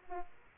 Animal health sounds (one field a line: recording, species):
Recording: mosquito wingbeat signal from an infrared sensor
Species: Aedes aegypti